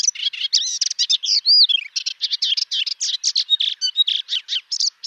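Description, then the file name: Melodious warbler song, a hurried stream of varied chirps and chatters with one clear, arching whistle early on, delivered without pause. "Hypolais polyglotte"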